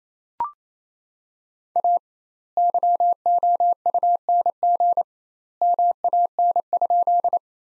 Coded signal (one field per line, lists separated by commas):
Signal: Morse code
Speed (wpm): 28 wpm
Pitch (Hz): 700 Hz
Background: none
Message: A YOUNG MAN?